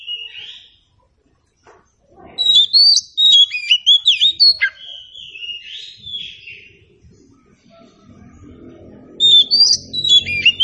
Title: Nyaut Kacer